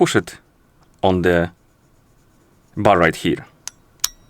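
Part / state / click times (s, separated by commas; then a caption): quick-release watch strap onto the watch case lug bar / seated / 4.0 s. A replacement quick-release strap is pushed onto the spring bar at the case lug of an Amazfit T-Rex Ultra 2 smartwatch while someone talks. A faint tick at 3.7 s is followed by a sharp click at 4.0 s as the strap locks in and seats.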